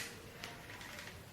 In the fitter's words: design this is a great design and it clicks into place really nicely and